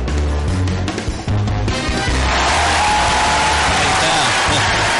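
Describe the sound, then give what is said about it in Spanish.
An audience at Radio Semilla's Roque Moyano studio bursts into sustained applause and cheering to welcome the cast of the play Mi mujer es el plomero, a dense wash of clapping that swells after a couple of seconds, with some music and voices mixed underneath at the start. “Llegaron cuando quisieron los aplausos, pero llegaron.”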